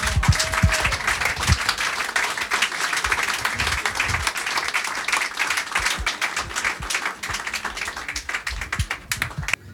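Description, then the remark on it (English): A crowd applauds steadily as a singer is called back on stage for two more songs, dense overlapping claps forming a continuous bright patter that holds at an even loudness for about ten seconds. “Tous les applaudissements du public.”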